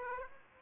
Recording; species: mosquito wingbeat signal from an infrared sensor; Aedes aegypti